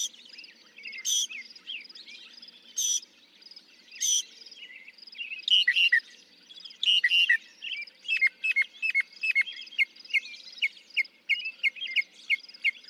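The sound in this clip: Northern mockingbird song: harsh bursts, then mixed chirps, switching to fast repeated clipped notes, over a constant high trill.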